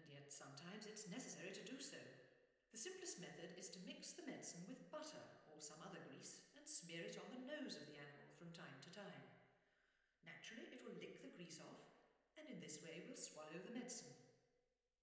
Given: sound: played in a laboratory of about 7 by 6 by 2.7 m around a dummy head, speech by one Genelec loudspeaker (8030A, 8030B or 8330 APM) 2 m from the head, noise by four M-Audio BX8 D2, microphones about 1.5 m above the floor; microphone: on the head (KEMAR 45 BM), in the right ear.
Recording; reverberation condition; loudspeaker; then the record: female speech in English; high; 60 degrees to the right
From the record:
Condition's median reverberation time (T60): about 1300 ms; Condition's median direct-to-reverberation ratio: about -4.0 dB